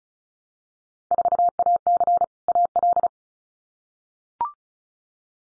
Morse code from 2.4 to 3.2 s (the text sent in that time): AL